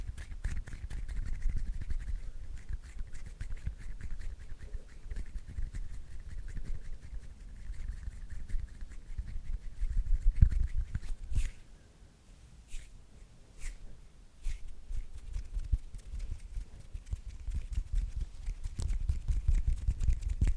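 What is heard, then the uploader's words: Hands rub, tap and fidget, making dense, irregular rustling and soft low thumps. Around the middle the motion briefly quiets, broken by a few sharp, isolated clicks, before the busy scratching and shuffling resumes toward the end. Hand Sounds That Are Unpredictable At 100% Sensitivity.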